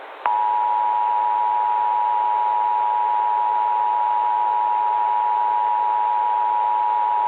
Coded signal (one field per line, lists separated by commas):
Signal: Emergency Alert System (SAME) tones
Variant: 853 and 960 Hz attention tone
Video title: EAS Scenario / Analog & Digital Horror - The Wrath Of Black Doom